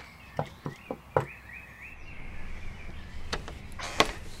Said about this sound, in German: Da vorne könnte es sein. Da geht ein kleiner Weg rein. Ja, ich glaube, du hast recht. Ich klopfe mal.